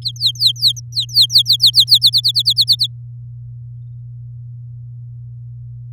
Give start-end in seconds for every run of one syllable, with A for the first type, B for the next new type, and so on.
0.02-2.10 A, 2.13-2.87 B